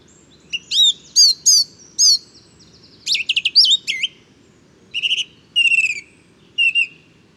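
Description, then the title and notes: Song thrush song of bright repeated whistles, a fast stuttering burst midway, then short repeated phrases, low hum in the background. Male singing at daybreak, 12 February 2019, in woodland; inventive, varied, virtuoso song; Nagra Seven recorder with Telinga Pro7 parabola. "Bois de chateau serein. j&#39;enregistre une magnifique Grive musicienne"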